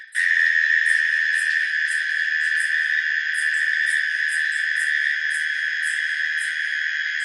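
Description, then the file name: Insects trilling in a dense, unbroken buzzing drone, with rapid high chirps pulsing irregularly on top throughout. Night insects in Australia in autumn. "zapsplat animals insects night australia autumn"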